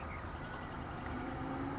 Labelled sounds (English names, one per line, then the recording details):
Oak Titmouse
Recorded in Sonoma County, California